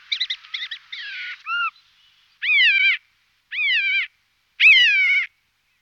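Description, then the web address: Siberian jay giving a quick burst of buzzy chattering notes and a short note, then three separate nasal, downslurred mewing calls about a second apart. "All the bird songs of Britain and Europe - Jean-Claude Roche. Perisoreus infaustus"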